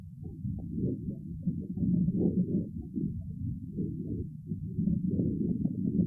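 Soft, low rushing normal lung sounds heard by stethoscope over the chest of a healthy four-month-old foal; with increasing age the loudness of the lung sounds decreases markedly, especially on expiration.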